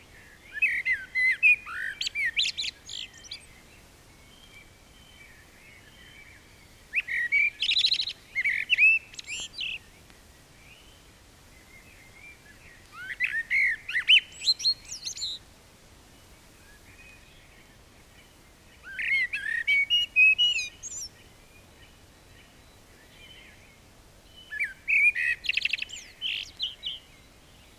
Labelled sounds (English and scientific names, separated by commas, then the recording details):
Common Blackbird (Turdus merula) song
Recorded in the wild
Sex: male
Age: adult
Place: Bielefeld-Mitte, Nordrhein-Westfalen, DE
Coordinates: 52.0078, 8.54778
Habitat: residential district
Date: 1968-04-15
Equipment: Uher 4000 Report-S, Bändchenmikro Beyer M 260, Parabolspiegel Polyester (470 mm)
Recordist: Conrads, Klaus
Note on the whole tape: Bielefeld, Am Tiefen Weg 14. Männchen auf dem Haus: Gesang, zweimal Pfeifmotiv, das zweite Mal undeutlich